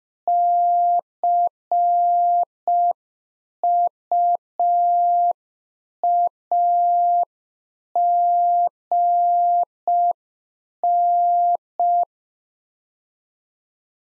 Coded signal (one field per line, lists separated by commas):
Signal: Morse code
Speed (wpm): 5 wpm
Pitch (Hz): 700 Hz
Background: none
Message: CUAGN